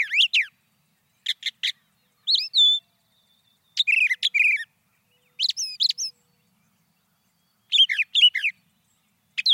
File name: suara kicauan brown thrasher. omkicau